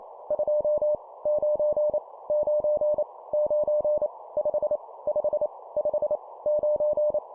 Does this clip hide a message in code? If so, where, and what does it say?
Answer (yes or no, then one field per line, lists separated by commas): yes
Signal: Morse code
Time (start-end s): 0.3-7.2 s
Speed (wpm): 28 wpm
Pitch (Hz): 600 Hz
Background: none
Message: 2 9 9 9 5 5 5 9